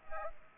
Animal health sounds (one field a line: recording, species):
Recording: mosquito wingbeat signal from an infrared sensor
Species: Aedes aegypti